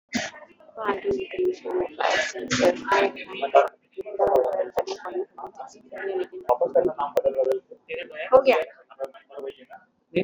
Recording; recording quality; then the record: counting at a normal pace; excellent, no background noise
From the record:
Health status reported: exposed to COVID-19, no respiratory illness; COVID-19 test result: negative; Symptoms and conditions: none ticked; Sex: female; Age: 45 years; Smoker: not ticked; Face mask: not worn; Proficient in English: yes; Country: India